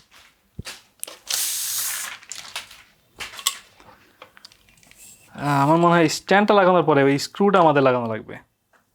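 A plastic stand for a Xiaomi Smartmi 2S smart fan is handled and fitted to the fan's base with a sharp knock, a hissing rustle and a few brief taps. Someone talks through the second half. Nothing has seated or clicked yet.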